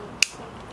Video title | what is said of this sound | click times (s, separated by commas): Review: Whistle Tracker | lock into place like that now it's not going anywhere to | 0.2 s